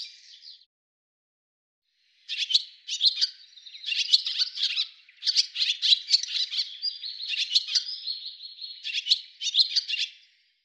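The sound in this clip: Bird call: a short chirp, then silence, then a long stretch of rapid high chirps and twitters running almost without a break to the end.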